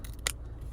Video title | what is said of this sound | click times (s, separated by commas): How to open Remote Fob Mazda Cx-5 / battery replacement | You hear it like click and lock and everything like that. | 0.3 s